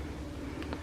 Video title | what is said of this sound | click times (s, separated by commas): How To Thread A Sewing Machine - #beginnersewing | we let it have a little click so that it is through the eye of that takeup lever | 0.6 s, 0.7 s